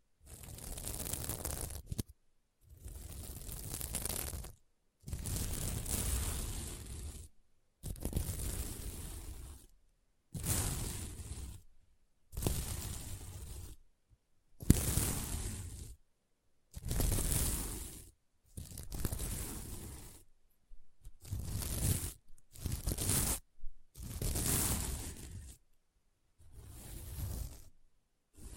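Scratching on a sequin mermaid pillow comes in about a dozen separate rough, rasping strokes of one to two seconds, each followed by brief silence.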